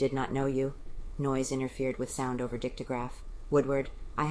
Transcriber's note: noise interfered with sound over dictograph